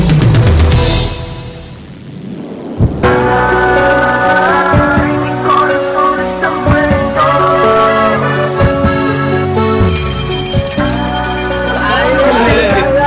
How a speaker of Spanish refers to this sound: El timbre del colegio anuncia el descanso de entretiempo.